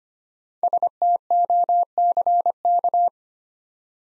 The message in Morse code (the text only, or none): STOCK